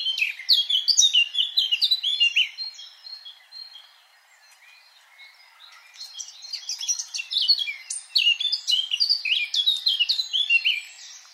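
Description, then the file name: Eurasian blackcap song, a lively warbled phrase, a quiet gap of about two seconds, then another long bout of rich, varied notes. "Sylvia atricapilla"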